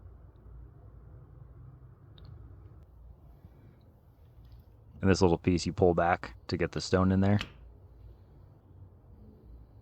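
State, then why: Not seated. A sharpening stone is readied for the stone-holder arm of a guided knife sharpener, with the spring piece on the arm pulled back and the stone lined up to go in. Faint handling ticks are heard around 2.2 s and 4.5 s while someone talks from about 5 to 7.5 s. The stone has not been pushed home or clicked into place yet.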